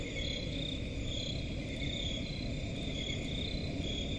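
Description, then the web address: Crickets chirping in rhythmic pulses, layered with steady high trills, over a constant low rumble. Crickets in a forest at night. "Forest and crickets at night. صدای-آرامبخش-جنگل-و-جیرجیرک"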